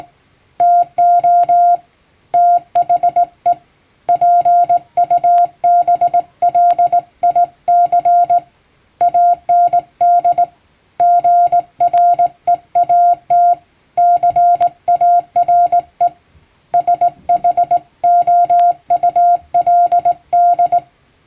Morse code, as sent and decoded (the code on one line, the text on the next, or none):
- --- / - .... . / .--. ..- -... .-.. .. -.-. / .- -. -.. / --. .-. . .- - / -.-. .- .-. . / ... .... --- ..- .-.. -..
TO THE PUBLIC AND GREAT CARE SHOULD